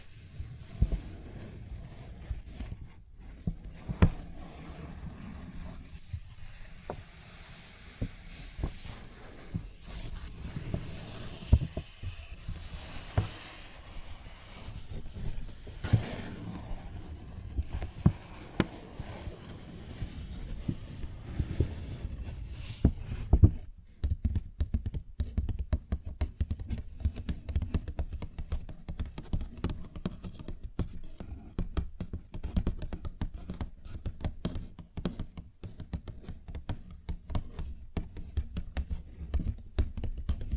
Paper Bag Tapping and Scratching Sounds